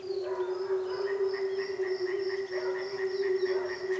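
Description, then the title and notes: Frog chorus as a continuous low drone, with a series of repeated high whistled notes and soft pulsed croaks above it. Frogs recorded at a frog reservation in Manušice, Česká Lípa, Czechia. "Manušice 28, 471 11 Česká Lípa, Česko - Frogs. Frog reservation"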